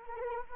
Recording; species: mosquito wingbeat signal from an infrared sensor; Anopheles arabiensis